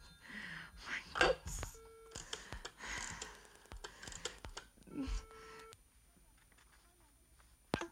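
Telephone dialing tones as someone calls the police: short, steady mid-pitched beeps come in two bursts amid sharp clicks and handling rustle, with a murmur of muffled voice early on before the line goes quiet.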